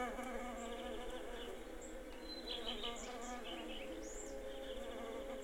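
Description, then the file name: Bees giving a continuous droning buzz, while small birds chirp and twitter in short high notes throughout. Bees in a garden, with birds. "beesbirdsgarden"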